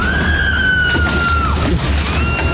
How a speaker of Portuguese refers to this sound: Sempre tem uma mulher gritando descontrolada, né?